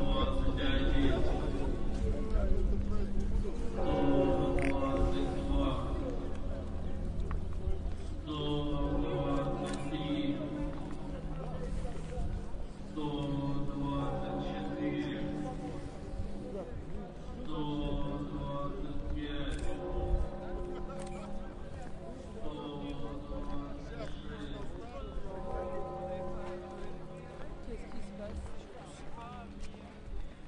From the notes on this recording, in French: Moscou, sur la place rouge. Méditation , cloches,...répétition militaires,...